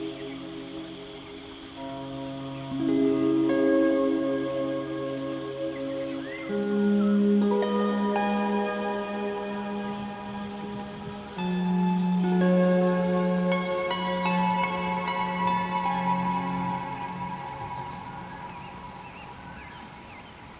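Plucked harp notes ring out in sustained, layered chords over a soft rain-like hiss, with a high bird call sliding through near the end.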